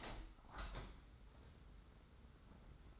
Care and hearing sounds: daily activity, microphone in the room; open window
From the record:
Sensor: 3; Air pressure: 991.2 hPa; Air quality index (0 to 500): 127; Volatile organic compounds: 143 ppm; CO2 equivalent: 3991 ppm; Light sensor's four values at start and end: 49/134/55/48 and 50/136/55/49

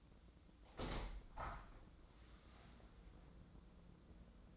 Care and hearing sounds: daily activity, microphone in the room; open window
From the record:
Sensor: 3

